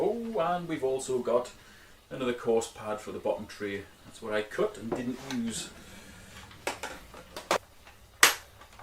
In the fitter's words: it you've got to push that in wait for like a little click to know that it's far enough down